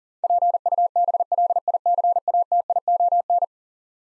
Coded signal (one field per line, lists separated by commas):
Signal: Morse code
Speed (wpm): 40 wpm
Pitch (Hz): 700 Hz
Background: none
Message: PUBLICATION